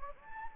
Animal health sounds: mosquito wingbeat signal from an infrared sensor; Anopheles gambiae

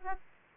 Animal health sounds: mosquito wingbeat signal from an infrared sensor; Aedes aegypti

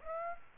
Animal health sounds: mosquito wingbeat signal from an infrared sensor; Aedes aegypti

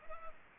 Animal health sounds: mosquito wingbeat signal from an infrared sensor; Culex pipiens

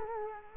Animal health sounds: mosquito wingbeat signal from an infrared sensor; Culex quinquefasciatus

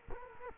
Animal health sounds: mosquito wingbeat signal from an infrared sensor; Culex quinquefasciatus

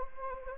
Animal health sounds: mosquito wingbeat signal from an infrared sensor; Anopheles gambiae

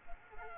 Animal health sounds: mosquito wingbeat signal from an infrared sensor; Culex quinquefasciatus

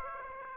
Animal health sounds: mosquito wingbeat signal from an infrared sensor; Aedes aegypti

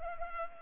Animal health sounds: mosquito wingbeat signal from an infrared sensor; Culex pipiens

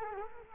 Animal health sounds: mosquito wingbeat signal from an infrared sensor; Culex quinquefasciatus

